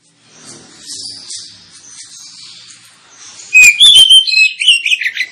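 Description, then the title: Oriental magpie-robin song: faint high chattering at first, then a sudden loud run of clear whistled and rasping notes near the end. Lure recording of kacer singing, intended to provoke other kacer birds into singing and fighting, with full song bursts called tembakan. "Kacer Langsung Tarung Konslet KACER NGOTOT FULL TEMBAKAN. Kacer dimana SAJA Bakalan NGEPLONG GACOR dengan Pancingan Kacer ini"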